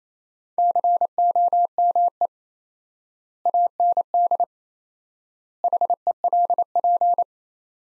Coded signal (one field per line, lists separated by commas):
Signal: Morse code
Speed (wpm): 27 wpm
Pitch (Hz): 700 Hz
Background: none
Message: COME AND HELP